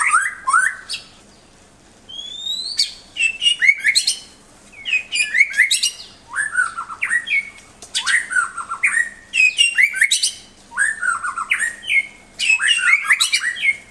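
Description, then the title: White-rumped shama song in bursts: loud whistled and chattering phrases separated by short silences. Energetic master shama song used to train the toughness of a newly kept shama. "mster Mnuk. Suara Murai Batu Gacor Master untuk Melatih Ketangguhan Murai Baru Milik Anda"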